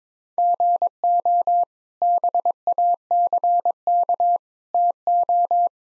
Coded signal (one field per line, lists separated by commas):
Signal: Morse code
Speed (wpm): 21 wpm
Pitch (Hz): 700 Hz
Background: none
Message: GO BACK TO